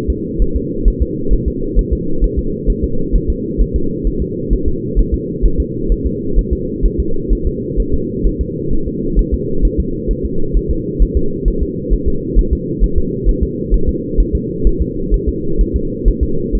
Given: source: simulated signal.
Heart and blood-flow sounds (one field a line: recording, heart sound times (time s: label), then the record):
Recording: fetal heart sounds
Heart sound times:
0.10 s: S2
0.42 s: S1
0.56 s: S2
0.88 s: S1
1.02 s: S2
1.33 s: S1
1.48 s: S2
1.79 s: S1
1.93 s: S2
2.24 s: S1
2.39 s: S2
2.70 s: S1
2.84 s: S2
3.16 s: S1
3.30 s: S2
3.61 s: S1
3.76 s: S2
4.07 s: S1
4.22 s: S2
4.53 s: S1
4.68 s: S2
4.99 s: S1
5.14 s: S2
5.46 s: S1
5.60 s: S2
5.92 s: S1
6.06 s: S2
6.39 s: S1
6.53 s: S2
6.86 s: S1
7.00 s: S2
7.33 s: S1
7.47 s: S2
7.80 s: S1
7.94 s: S2
8.27 s: S1
8.41 s: S2
8.73 s: S1
8.88 s: S2
9.19 s: S1
9.34 s: S2
9.65 s: S1
9.80 s: S2
10.11 s: S1
10.25 s: S2
10.57 s: S1
10.71 s: S2
11.02 s: S1
11.17 s: S2
11.48 s: S1
11.63 s: S2
11.94 s: S1
12.08 s: S2
12.39 s: S1
12.53 s: S2
12.84 s: S1
12.98 s: S2
13.29 s: S1
13.43 s: S2
13.74 s: S1
13.89 s: S2
14.20 s: S1
14.35 s: S2
14.67 s: S1
14.81 s: S2
15.14 s: S1
15.29 s: S2
15.61 s: S1
15.76 s: S2
16.08 s: S1
16.23 s: S2
16.55 s: S1
From the record:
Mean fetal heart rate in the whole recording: 130 bpm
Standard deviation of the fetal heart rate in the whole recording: 2 bpm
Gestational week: 36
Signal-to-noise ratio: -8.1 dB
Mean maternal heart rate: 72 bpm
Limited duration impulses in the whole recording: absent